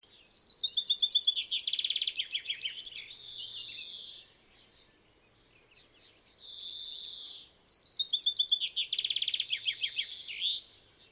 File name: Fringilla coelebs